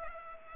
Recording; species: mosquito wingbeat signal from an infrared sensor; Culex pipiens